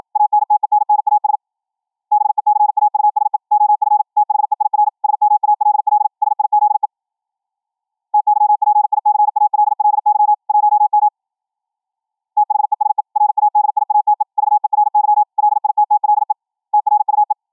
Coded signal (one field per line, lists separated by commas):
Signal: Morse code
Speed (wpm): 53 wpm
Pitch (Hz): 840 Hz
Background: none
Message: ANTENNAS BECAUSE OF THEIR SMALL SIZE TYPICALLY 1M THESE RADIATE VERY LITTLE TRUE